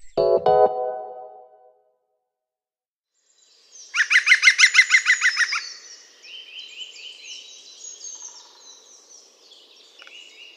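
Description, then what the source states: Green woodpecker giving a loud, rapid laughing series of ringing notes for about two seconds, after a short low harmonic sound; thin twittering of another bird follows. Calls loudly and very readily; far from silent.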